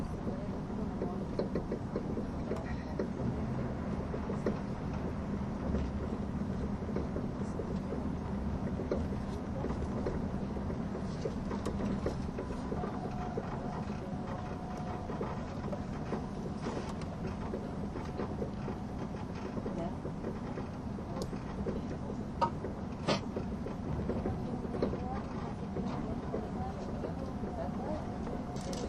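Inside an ETR610 tilting train on the Gotthard Base Tunnel route, a steady low rumble runs throughout with scattered clicks, faint voices and a brief squeal.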